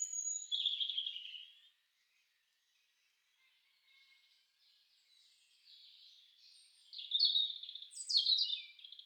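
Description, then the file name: European robin singing: a high warbled opening, a quiet pause, then a string of thin, tinkling notes growing louder toward the end. "roodborst"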